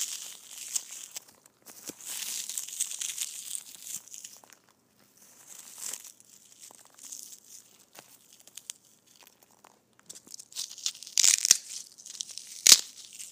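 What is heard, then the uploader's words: Foam balls being squished give off soft, airy crackling and crinkling, mostly high and hissy with little low end. Activity comes in bursts with brief silent gaps around 4–5 and 9–10 seconds, and sharp crisp snaps near 11 and 12.5 seconds. ASMR Foam Balls Squishing.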